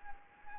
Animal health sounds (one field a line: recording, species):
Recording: mosquito wingbeat signal from an infrared sensor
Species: Anopheles arabiensis